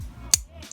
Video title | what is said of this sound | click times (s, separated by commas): Honest Review: GRAIL SPINNER? - AXIS MICRO SPINNER | makes a nice clicking sound here we go this is the spinner | 0.3 s